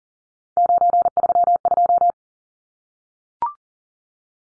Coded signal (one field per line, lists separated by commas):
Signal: Morse code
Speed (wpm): 38 wpm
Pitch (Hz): 700 Hz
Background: none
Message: 932